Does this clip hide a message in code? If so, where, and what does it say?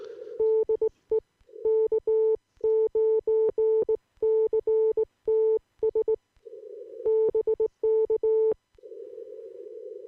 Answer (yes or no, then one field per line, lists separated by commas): yes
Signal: Morse code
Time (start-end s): 0.4-8.5 s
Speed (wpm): 18 wpm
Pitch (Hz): 440 Hz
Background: none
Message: DE K9CTS BK